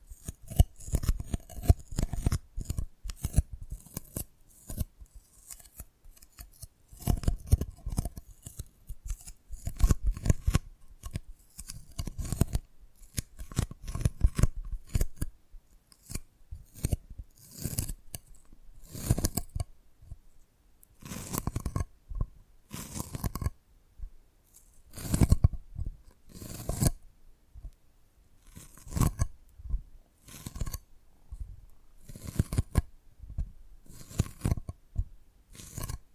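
Dalgona candy being tapped and cracked, with sharp, crisp clicks and snaps coming in quick irregular bursts throughout. Some hits are hard with a low knock beneath them, others light and brittle, separated by brief near-silent pauses.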